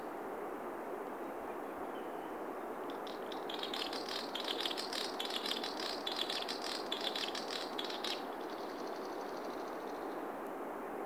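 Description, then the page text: Swinhoe's snipe giving a rattling call: a fast, dry series of clicking pulses lasting about five seconds, over steady background hiss, with a faint short whistle just before. "Patrick Franke - Лесной дупель (Gallinago megala)"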